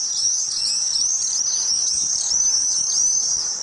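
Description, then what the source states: Common Swift calls, a continuous shrill high screaming trill that wavers without pause. In Great Britain, where swift numbers have fallen by half in 30 years; nesting in swift bricks, small nest boxes built into building exteriors.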